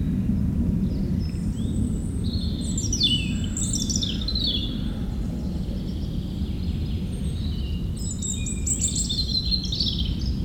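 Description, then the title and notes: European robin song, a busy run of high, sweet, descending trills and twitters over a loud, continuous low rumble of planes. Singing in the huge Meerdaalbos forest, Oud-Heverlee, Belgium, with planes taking off. "3051 Oud-Heverlee, Belgium - Meerdaalbos. Into the huge forest called Meerdaalbos, the European Robin singing, and planes takeoffs"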